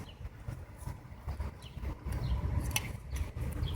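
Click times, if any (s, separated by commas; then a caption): none. An ignition coil electrical connector is pushed back onto the ignition coil on a 2000 Honda Odyssey with a waterlogged engine. Low rumbling handling noise is broken by a few sharp taps, the strongest at about 2.8 s, with smaller ones near 1.3, 3.2, 3.5 and 3.7 s. The connector has not seated, and it is hard to tell by eye because the spot cannot be seen directly.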